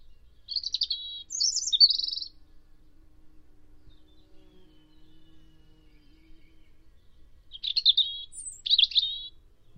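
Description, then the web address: European robin song, two short bursts of high, tinkling warbled phrases separated by several seconds of near silence, with a faint low hum. "Deverinetal 2025"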